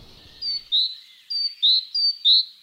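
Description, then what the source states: Great Tit singing a clear, high see-sawing two-note phrase, repeated three times with a brief pause, with faint low rumble at the start. Typical 'ringing' (Läuten), described as the territorial song; city forest in Hannover.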